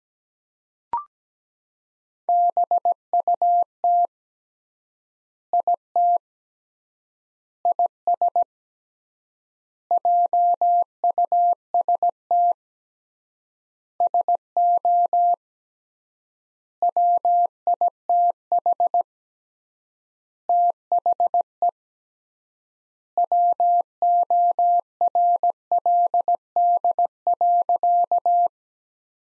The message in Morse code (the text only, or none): BUT IT IS JUST SO WITH THE WORLD.